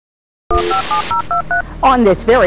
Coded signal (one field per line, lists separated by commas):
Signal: DTMF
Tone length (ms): 120 ms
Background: speech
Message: 157023